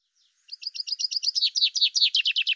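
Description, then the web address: Common chaffinch song: a rapid rattle of sweeping notes that gradually slides lower and grows louder, sounding like a descending trill in a quiet background. "Deverinetal 2025 File cleaned normalized Bird Fr Co"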